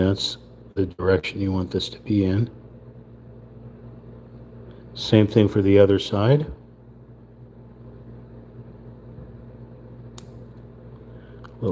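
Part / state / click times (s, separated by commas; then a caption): model kit piece into its mating slot / seated / 10.2 s. Someone talks while pressing a piece of a Kagawa Udon House 3D wooden puzzle, a wood and ABS model kit, into its mating slot on the second side to match the first. A single short, sharp click sounds at 10.2 s over a quiet background as the piece seats into place.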